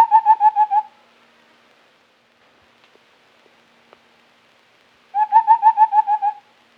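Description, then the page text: White-browed scimitar babbler giving two bursts of rapid, hollow whistled hoots, each about a second long, separated by roughly four seconds of near silence with faint ticks. "White-Browed Scimitar Babbler Call. Quick Sounds"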